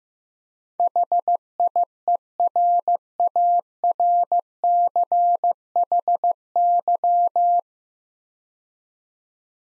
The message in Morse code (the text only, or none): HIERARCHY